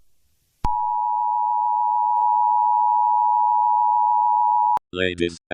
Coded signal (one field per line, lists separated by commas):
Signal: Emergency Alert System (SAME) tones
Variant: 853 and 960 Hz attention tone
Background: speech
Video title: EAS scenario: Celestial Threat - Evacuation and Beyond (read description)